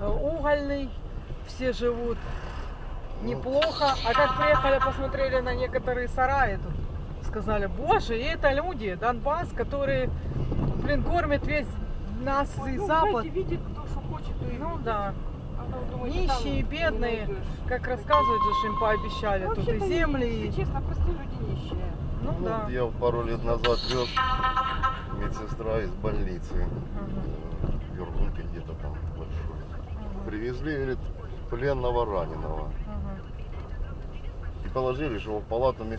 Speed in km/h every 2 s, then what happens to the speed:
9, 10, 18, 18, 19, 19, 21, 24, 21, 25, 23, 21, 20, 17, 10, 9, 11, 13.
0-5 speeds up to 18. 5-17 steady at about 19. 17-29 slows to 9. 29-36 steady at about 11.